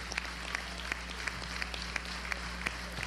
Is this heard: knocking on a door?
no